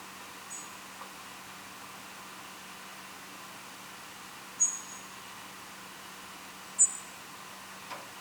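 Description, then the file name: European robin giving a few sparse, very high, thin short notes, seconds apart, against a steady hiss and low hum. "Erithacus rubecula"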